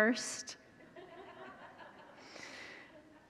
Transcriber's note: congregants laugh